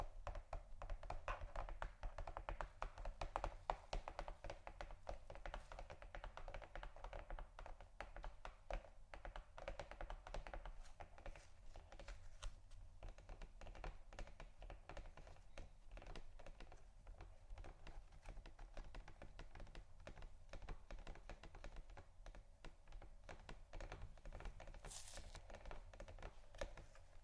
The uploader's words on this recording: ASMR Scratching & Tapping Cardboard Boxes（No Talking）.